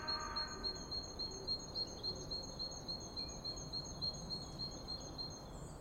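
Bird song of steady, rapidly repeated high chirps, with a brief soft noise at the start and background hiss throughout.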